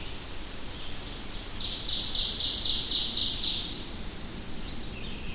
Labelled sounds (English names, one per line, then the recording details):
Ovenbird song
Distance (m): 25 m
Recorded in boreal forest in Alberta, Canada, on 25 June 2016 at 08:25
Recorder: SongMeter 3, array SBT-6-76
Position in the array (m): 14 m, 110 m
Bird 2